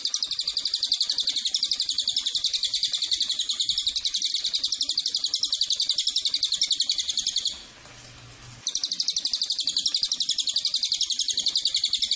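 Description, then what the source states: Cililin giving a long shrill chatter of rapid, evenly paced notes, broken by a single pause of about a second. Tutor track for training cage birds and lure to attract Cililin.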